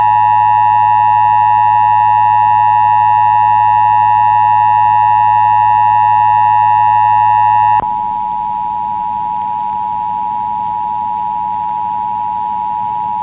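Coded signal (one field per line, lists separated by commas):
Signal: Emergency Alert System (SAME) tones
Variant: 853 and 960 Hz attention tone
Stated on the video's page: EAS monthly test taken from a 2005 VHS recording.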